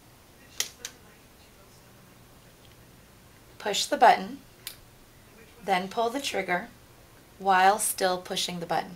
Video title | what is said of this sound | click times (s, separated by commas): Petstages Flirty Bird Flyer | insert the bird until you hear a click noise | 0.6 s